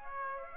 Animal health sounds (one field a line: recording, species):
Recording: mosquito wingbeat signal from an infrared sensor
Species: Aedes aegypti